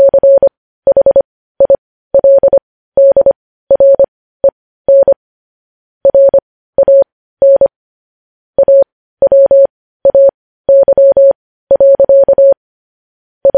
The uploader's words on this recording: Morse code transcription.